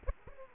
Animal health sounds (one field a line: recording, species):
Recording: mosquito wingbeat signal from an infrared sensor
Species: Aedes aegypti